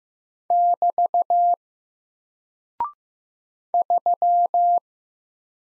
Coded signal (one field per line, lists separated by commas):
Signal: Morse code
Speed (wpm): 15 wpm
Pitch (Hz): 700 Hz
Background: none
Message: <BT> 3